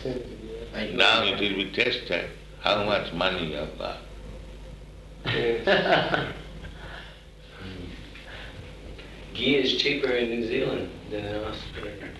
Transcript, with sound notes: Now it will be tested how much money we have got. [laughs]
Ghee is cheaper in New Zealand than in Australia.